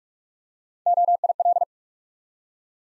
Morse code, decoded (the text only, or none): OIL